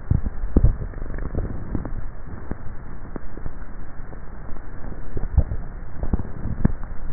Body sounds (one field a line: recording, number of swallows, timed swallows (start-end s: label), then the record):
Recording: swallowing sounds by neck microphone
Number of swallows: 2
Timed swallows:
0.47-1.43 s: swallow
5.23-6.13 s: swallow
From the record:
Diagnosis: dysphagia